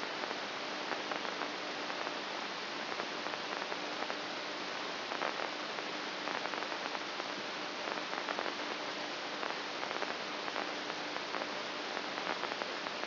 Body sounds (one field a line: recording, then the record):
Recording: brain microelectrode recording played as sound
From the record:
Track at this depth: outside the subthalamic nucleus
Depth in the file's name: 1.738 mm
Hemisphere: left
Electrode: 2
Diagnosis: Parkinson's disease